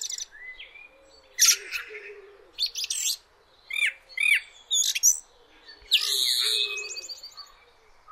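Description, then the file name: Common blackbird singing short whistled phrases and thin, scratchy high twitters. "Turdus merula"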